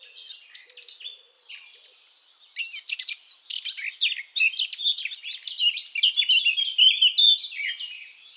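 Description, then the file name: Eurasian blackcap singing: a quiet scratchy warble, a short pause, then a rich, rapid stream of mixed warbled and clear whistled notes continuing to the close. "Sylvia atricapilla"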